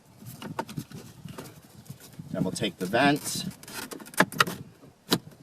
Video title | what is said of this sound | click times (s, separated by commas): 4" to 8" Upgrade w/ SYNC 2 - 2013 - 2016 Ford Fusion | need to take this connector be sure to reconnect the hazard switch by sliding it in till it clicks then | 0.6 s